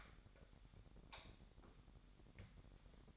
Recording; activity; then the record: daily activity, microphone in the room; light off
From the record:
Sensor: 3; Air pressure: 1011.9 hPa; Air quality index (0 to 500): 232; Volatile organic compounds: 5 ppm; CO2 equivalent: 1722 ppm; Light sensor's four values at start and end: 17/43/18/18 and 15/34/15/15